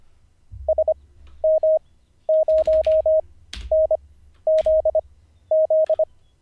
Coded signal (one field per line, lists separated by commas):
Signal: Morse code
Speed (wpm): 25 wpm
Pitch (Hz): 630 Hz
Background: none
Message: SM0NZZ